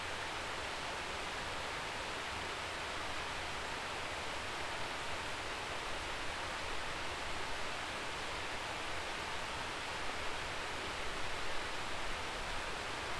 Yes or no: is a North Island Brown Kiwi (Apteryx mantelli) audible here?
no